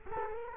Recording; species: mosquito wingbeat signal from an infrared sensor; Culex quinquefasciatus